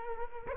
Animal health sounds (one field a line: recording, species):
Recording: mosquito wingbeat signal from an infrared sensor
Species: Culex quinquefasciatus